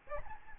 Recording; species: mosquito wingbeat signal from an infrared sensor; Aedes albopictus